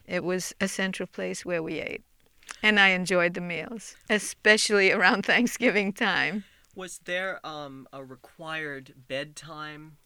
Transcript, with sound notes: it was a central place where we ate. And I enjoyed the meals, especially (she laughs) around Thanksgiving time.
Was there a required bedtime?